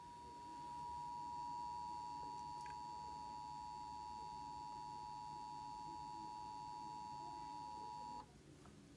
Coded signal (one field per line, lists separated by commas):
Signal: Emergency Alert System (SAME) tones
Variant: 853 and 960 Hz attention tone